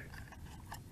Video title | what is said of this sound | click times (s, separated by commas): Snaptain drone for sale on amazon marketplace 2020 version brand new drone | fold out the arms it does click into place but it does not have a locking mechanism which is | 0.3 s, 0.7 s